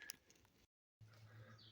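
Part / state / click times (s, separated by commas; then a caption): backup lamp housing into rubber grommet in truck body / seated / 0.1 s. An LED backup light housing is pushed into a rubber grommet already set in the body hole of a 2005 Chevy 3500 truck, giving one sharp, short snap at 0.1 s as it locks in place and is seated. A fainter tick follows at 0.3 s, then the sound cuts to total silence from about 0.7 to 1.0 s before a low steady hum returns.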